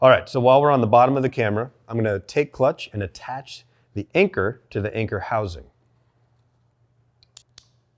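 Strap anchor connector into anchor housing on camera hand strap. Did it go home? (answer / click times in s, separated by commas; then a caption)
yes / 7.4 s, 7.6 s. Someone talks, then a Peak Design Clutch hand strap's anchor connector, at the bottom of the camera, is lined up with the anchor housing on the strap and tugged. A faint tick at 7.2 s is followed by sharp clicks at 7.4 s and 7.6 s as the anchor seats in the housing.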